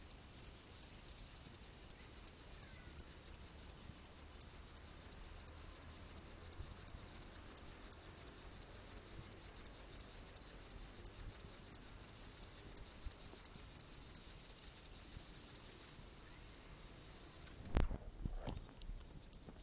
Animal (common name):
Upland Field Grasshopper